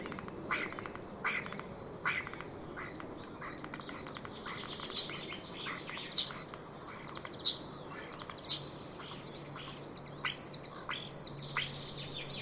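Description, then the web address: Common starling song, starting with spaced dry clicks and buzzy bursts, then building into a quickening series of high whistled chirps and rattles toward the end. "Deverinetal 2025 Bird Only St Vu"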